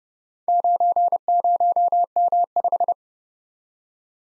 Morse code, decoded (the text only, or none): 90M5